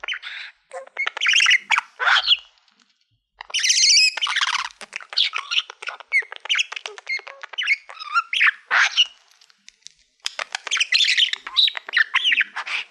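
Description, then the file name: Budgerigar chatter, nearly continuous: scratchy warbles, clicks and high squeaky chirps tumbling together, with only a few short pauses. "Budgie Sounds"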